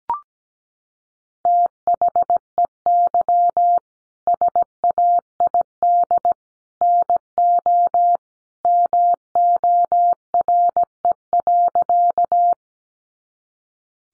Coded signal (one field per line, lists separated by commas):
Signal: Morse code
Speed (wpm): 17 wpm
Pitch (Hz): 700 Hz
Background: none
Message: THEY SAID NO MORE.